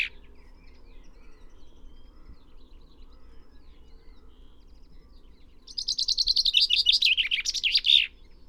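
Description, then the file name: Common chaffinch song: a quiet pause, then one bright, fast descending trill ending in a flourish. "Fringilla coelebs"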